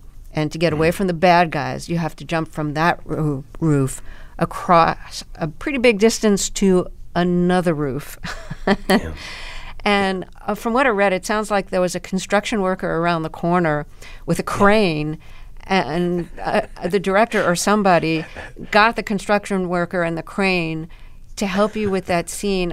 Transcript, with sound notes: And to get away from the bad guys, you have to jump from that roof across a pretty big distance to another roof (laughter).
Yeah.
And from what I read, it sounds like there was a construction worker around the corner with a crane. And the director or somebody got the construction worker and the crane to help you with that scene.